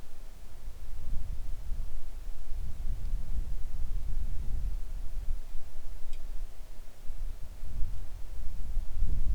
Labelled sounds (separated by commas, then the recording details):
wind
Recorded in the Arctic National Wildlife Refuge, Alaska, on 3 August 2019 at 10:17
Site 41